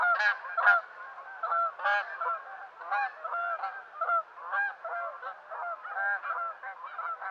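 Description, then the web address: Canada goose honks, loud nasal two-part calls repeated rapidly by several birds, overlapping in an irregular clamour throughout. Western North America. "Dan Gibson Wildlife Identification By Sound, Western North America. Canada Goose"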